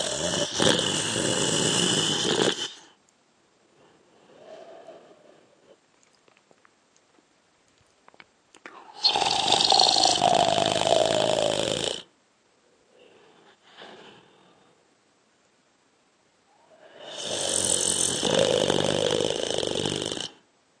Man Snoring.